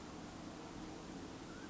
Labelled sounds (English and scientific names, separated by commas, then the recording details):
Mountain Quail (Oreortyx pictus)
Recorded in Sonoma County, California